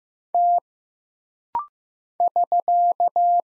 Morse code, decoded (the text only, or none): T <SK>